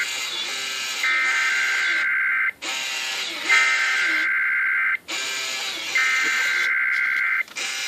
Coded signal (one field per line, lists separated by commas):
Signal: Emergency Alert System (SAME) tones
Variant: header bursts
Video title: Sage EAS Bench Testing